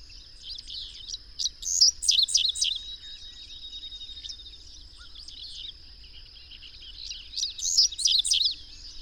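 Bird song in two bursts of high, rapid chirping notes around two and eight seconds, with a steady high hiss running throughout.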